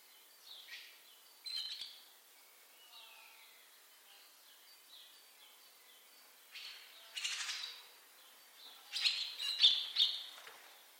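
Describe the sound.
Barn swallow calls: faint, scattered twittering notes and short warbles, then louder clustered chirps and squeaky bursts near the end.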